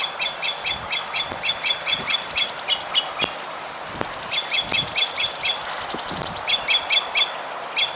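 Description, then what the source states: Red crossbill calls, a dense run of short chipping notes repeated in quick clusters through most, over a steady background hiss. Type E call type.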